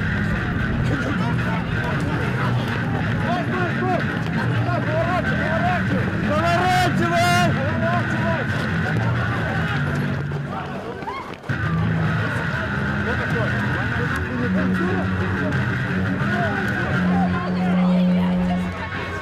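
Recorded at an ongoing protest in Belarus: a dense, steady crowd murmur with many overlapping voices and traffic rumbling underneath. Around seven seconds a bright whistle or chant cuts through, a brief dip near eleven seconds, then a low horn-like tone sounds repeatedly toward the end.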